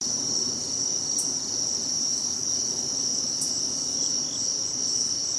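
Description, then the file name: Crickets giving a continuous shrill high trill without pause, a couple of faint higher chirps, and soft low background hum throughout. Recorded 7 September 2016 during a cricket-listening walk. "thomas wilson Herring Run Cricket Crawl"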